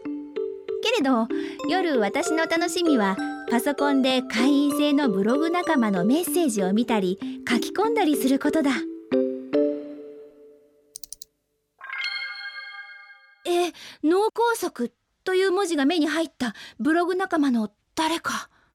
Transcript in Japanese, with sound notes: けれど、夜、わたしの楽しみは、パソコンで会員制のブログ仲間のメッセージを見たり、書き込んだりすることだ。 （パソコンを立ち上げる音） え！脳梗塞という文字が目に入った。ブログ仲間の誰か…？